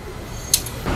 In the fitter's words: udah masuk seperti ini Ini udah enak tuh gak perlu ditahan dia udah ngunci